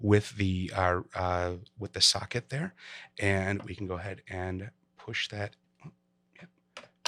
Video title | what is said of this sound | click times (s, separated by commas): Roland R44 Set Levels | push that in and again until it clicks into place | 7.1 s